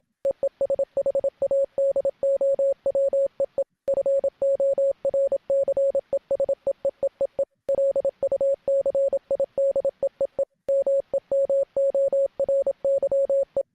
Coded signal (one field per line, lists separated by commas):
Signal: Morse code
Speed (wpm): 27 wpm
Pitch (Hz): 550 Hz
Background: none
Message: EE SHADOW EE FORCE SEEEEE LUCID EEE MEMORY E